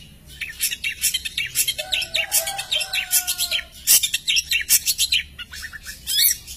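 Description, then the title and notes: Long-tailed shrike song: rapid harsh chattering bursts and scratchy notes, with a steady low whistled tone midway, then more rasping phrases. Champion (juara) long-tailed shrike, song. "Kicau Burung Cendet Juara. Audio Kicauan Burung Cendet Juara Terlengkap"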